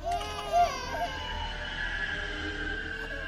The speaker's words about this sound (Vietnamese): Những đứa trẻ lại mất đi nguồn thức ăn, và tiếng khóc than ai oán lại tiếp tục vang vọng trên con sông trắng chết chóc.